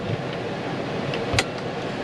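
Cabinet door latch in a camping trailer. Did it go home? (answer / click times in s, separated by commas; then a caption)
yes / 1.4 s. A pass-through cabinet door in a camping trailer is closed and its latch catches. Over a steady low rumble, a softer contact sound is heard near 1.1 seconds, followed by a sharp click at 1.4 seconds as the door locks into place.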